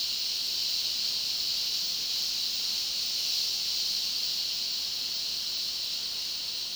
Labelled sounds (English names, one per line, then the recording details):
none
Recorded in dense forest near Puerto Asís, Putumayo, Colombia, on 21 February 2024 at 12:30
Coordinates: 0.499, -76.324
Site G6469